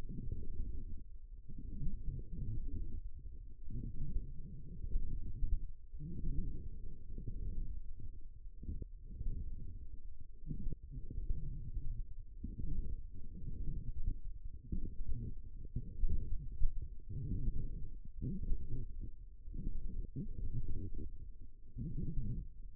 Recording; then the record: forearm muscle sounds (acoustic myography)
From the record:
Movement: forearm pronation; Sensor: system 1, eight BSWA MPA416 microphones around the upper forearm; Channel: 3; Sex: female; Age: 21 years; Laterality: right